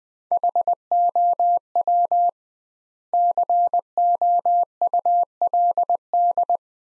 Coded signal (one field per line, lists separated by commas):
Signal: Morse code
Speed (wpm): 20 wpm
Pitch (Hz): 700 Hz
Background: none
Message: HOW COULD